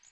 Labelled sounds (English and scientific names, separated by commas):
Magnolia Warbler (Setophaga magnolia) flight call